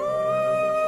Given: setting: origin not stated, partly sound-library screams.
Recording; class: one-second piece from a danger detection set; normal situation